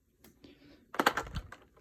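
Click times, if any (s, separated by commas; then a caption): 0.9 s, 1.0 s, 1.1 s. Plastic spider miniatures are pressed into a board game's plastic storage insert. After faint handling rustles, sharp snapping clicks land at about 1.0 and 1.1 s, followed by a few softer knocks and a low thump. The miniatures click into place and are seated in the insert slots.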